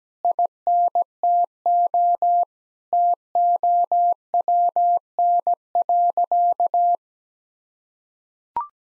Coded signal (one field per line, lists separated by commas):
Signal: Morse code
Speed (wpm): 17 wpm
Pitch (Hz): 700 Hz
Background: none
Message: INTO TOWN.